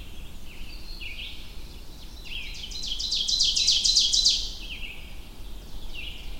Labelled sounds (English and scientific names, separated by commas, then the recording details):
Ovenbird (Seiurus aurocapilla) song
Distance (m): 15 m
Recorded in boreal forest in Alberta, Canada, on 22 June 2016 at 06:24
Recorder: SongMeter 3, array SBT-6-76
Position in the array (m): 271 m, 68 m
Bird 1